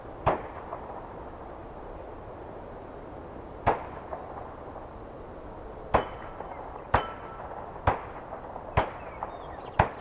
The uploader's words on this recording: Sometimes humanity intrudes hard, like in this recording in the form of target shooters.